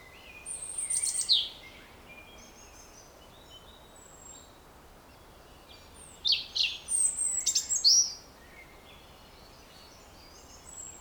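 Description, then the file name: European robin singing two separate phrases of high, sweet, jumbled notes with sharp downward slurs, a long quiet gap between them, over steady soft background noise. "Erithacus rubecula"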